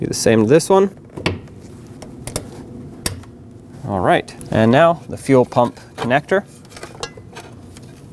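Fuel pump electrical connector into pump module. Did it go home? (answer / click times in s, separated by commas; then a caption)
no / none. On a 2006–2015 Lexus IS250 fuel pump module assembly, the fuel pump electrical connector is handled as it is brought to the pump module while someone talks. A few short, sharp knocks and taps are heard between the words. Nothing has clicked or seated yet.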